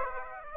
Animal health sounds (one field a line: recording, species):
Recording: mosquito wingbeat signal from an infrared sensor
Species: Aedes aegypti